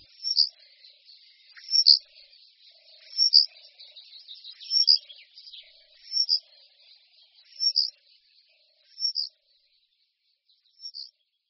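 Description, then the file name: Eurasian penduline tit calling thin, high notes, repeated roughly every one and a half seconds, with faint twittering between them. "Moudivláček-lužní"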